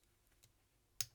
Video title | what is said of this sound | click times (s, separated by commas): Tudor Black Bay 41 4K Watch Review | It's just got a really positive click due to the use of the 4 ceramic ball bearings. | 1.0 s